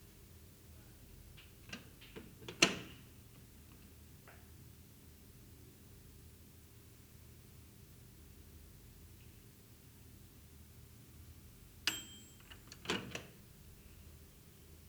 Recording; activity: daily activity, guitar pickup as the sensor; use microwave